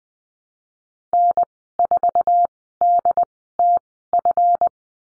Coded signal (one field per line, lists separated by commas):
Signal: Morse code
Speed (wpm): 20 wpm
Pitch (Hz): 700 Hz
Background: none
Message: N4DTF